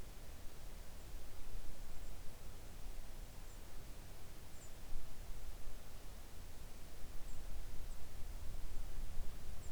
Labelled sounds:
songbird
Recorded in the Arctic National Wildlife Refuge, Alaska, on 3 August 2019 at 05:32
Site 41

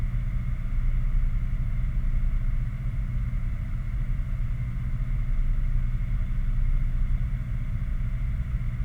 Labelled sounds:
machinery, flare stack
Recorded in the Prudhoe Bay oil fields, Alaska, on 11 August 2019 at 22:53
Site 29

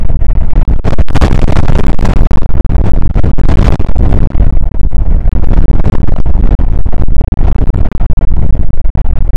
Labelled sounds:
wind
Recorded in the Prudhoe Bay oil fields, Alaska, on 2 August 2019 at 01:35
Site 29

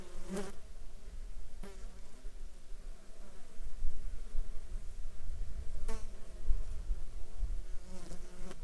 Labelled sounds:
insects
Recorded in Ivvavik National Park, Yukon, on 7 July 2019 at 12:53
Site SINP03

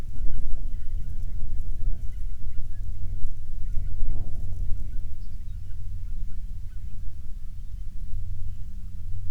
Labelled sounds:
songbird, waterfowl, wind
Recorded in the Prudhoe Bay oil fields, Alaska, on 21 June 2019 at 09:41
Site 22

